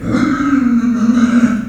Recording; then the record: squeal of a Yucatan mini pig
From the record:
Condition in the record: after surgery on the right vocal fold (resection and tissue-engineered implant); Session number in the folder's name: 6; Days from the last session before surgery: 40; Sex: female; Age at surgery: 19 weeks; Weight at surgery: 25 kg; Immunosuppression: prednisolone